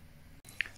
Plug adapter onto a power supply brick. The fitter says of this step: it's quite hard to get this thing out so it's it's stuck in that it locks in place it's